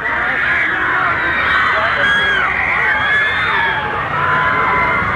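A dense crowd of hundreds of teenagers, who have broken through onto the street and stopped traffic, rushing through the crowds and screaming continuously, shrill high-pitched voices overlapping into a loud, unbroken roar of excitement with no pauses.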